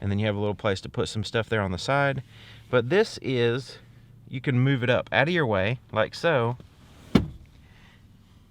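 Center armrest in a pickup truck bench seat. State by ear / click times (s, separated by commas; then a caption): seated / 7.2 s. Someone talks while raising the big, cushy fold-down center armrest with cupholders on the bench seat of a 2016 Ford F-150 XL Regular Cab pickup out of the way. It snaps up into place with a sharp click at 7.2 s and locks upright, making room for a center passenger.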